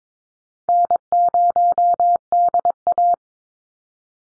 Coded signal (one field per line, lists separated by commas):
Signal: Morse code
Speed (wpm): 22 wpm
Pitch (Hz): 700 Hz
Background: none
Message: N0DA